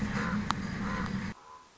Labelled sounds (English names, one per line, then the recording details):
Common Raven
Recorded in Sonoma County, California